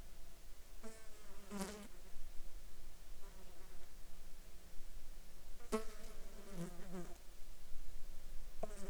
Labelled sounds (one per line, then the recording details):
insects
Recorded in the Arctic National Wildlife Refuge, Alaska, on 14 July 2019 at 21:53
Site 35